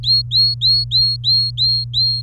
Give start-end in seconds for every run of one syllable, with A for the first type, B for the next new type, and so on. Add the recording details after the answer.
0.03-2.21 A. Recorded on 24 April 2018 at 11:57. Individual llb3